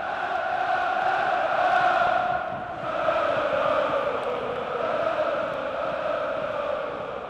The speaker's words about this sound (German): wo die brodelnde, jubelnde, kreischende Masse, trichterförmig eingepfercht, sich selbst verstärkt. Wo die apostolischen Kniefälle zu Laola-Wellen werden und die identitätsstiftenden Choräle sich im Handumdrehen zu Schlachtgesängen hochjubeln.